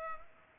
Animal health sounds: mosquito wingbeat signal from an infrared sensor; Culex pipiens

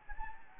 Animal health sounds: mosquito wingbeat signal from an infrared sensor; Anopheles gambiae

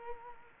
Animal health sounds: mosquito wingbeat signal from an infrared sensor; Culex quinquefasciatus

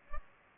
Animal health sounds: mosquito wingbeat signal from an infrared sensor; Culex pipiens

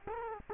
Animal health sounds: mosquito wingbeat signal from an infrared sensor; Culex quinquefasciatus

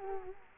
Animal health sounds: mosquito wingbeat signal from an infrared sensor; Culex quinquefasciatus

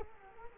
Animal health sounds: mosquito wingbeat signal from an infrared sensor; Culex quinquefasciatus

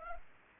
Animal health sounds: mosquito wingbeat signal from an infrared sensor; Culex pipiens

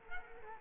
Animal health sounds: mosquito wingbeat signal from an infrared sensor; Culex quinquefasciatus

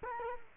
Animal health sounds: mosquito wingbeat signal from an infrared sensor; Culex quinquefasciatus

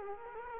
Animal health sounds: mosquito wingbeat signal from an infrared sensor; Culex quinquefasciatus

